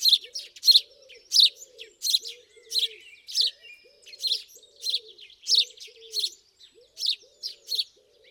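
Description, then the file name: House sparrow chirping, bright sharp chirps repeated steadily about every two thirds of a second, with soft low arched notes running underneath. "Passer domesticus"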